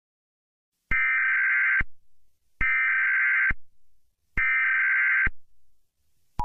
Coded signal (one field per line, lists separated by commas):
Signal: Emergency Alert System (SAME) tones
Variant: header bursts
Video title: EAS Scenario: Radioactive Hurricane